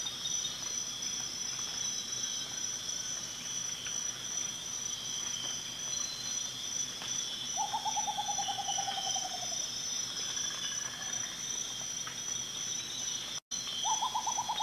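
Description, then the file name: Rufous potoo gives a falling series of rapid hooting notes, then after a brief dropout starts another, with a continuous shrill insect chorus throughout. "Canto do urutau ferrugem"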